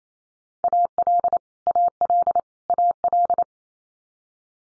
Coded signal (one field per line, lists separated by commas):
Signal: Morse code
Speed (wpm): 28 wpm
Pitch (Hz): 700 Hz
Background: none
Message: AL AL AL